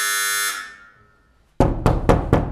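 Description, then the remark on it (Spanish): A doorbell gives one harsh, sustained buzz that cuts off and fades away as someone calls at the door, then four loud, evenly spaced thumps follow. No one speaks. “Pero mamá, abre, que están llamando a la puerta.”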